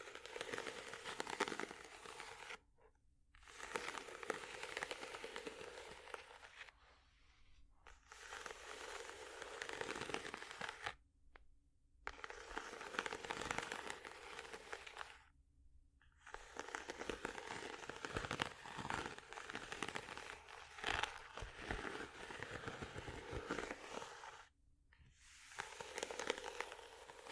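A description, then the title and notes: Dense, gritty scratching across ridges comes in long rough strokes, each several seconds, broken by brief silent pauses roughly every four to five seconds. ASMR Scratching Ridges For Tingles （No Talking）.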